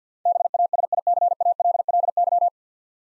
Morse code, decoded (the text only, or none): BASICALLY